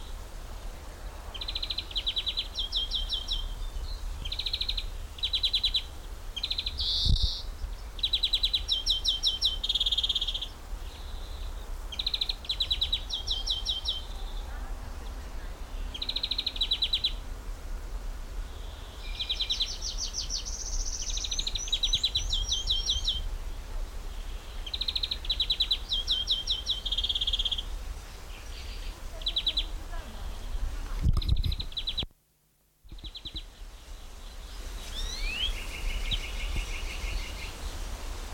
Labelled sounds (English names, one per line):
European Greenfinch